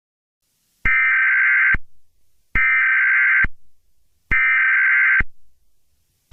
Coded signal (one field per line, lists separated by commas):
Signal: Emergency Alert System (SAME) tones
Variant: header bursts